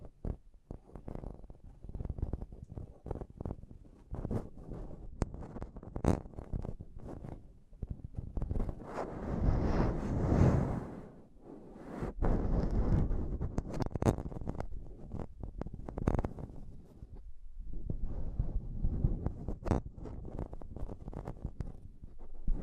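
Mic tapping and scratching, a dense run of sharp taps over rough, low rubbing, swelling louder around ten and thirteen seconds, briefly dropping near seventeen.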